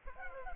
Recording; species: mosquito wingbeat signal from an infrared sensor; Culex pipiens